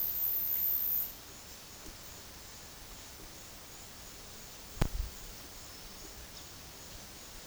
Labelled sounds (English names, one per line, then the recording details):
none
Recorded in dense forest near Puerto Asís, Putumayo, Colombia, on 20 February 2024 at 10:30
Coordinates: 0.485, -76.322
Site G6406